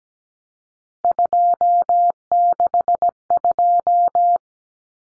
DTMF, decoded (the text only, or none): none